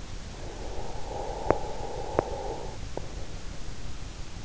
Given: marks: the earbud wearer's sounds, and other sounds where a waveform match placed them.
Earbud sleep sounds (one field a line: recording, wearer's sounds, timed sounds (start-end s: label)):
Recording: sounds in sleep by an in-ear microphone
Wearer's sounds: breath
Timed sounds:
0.65-3.36 s: breath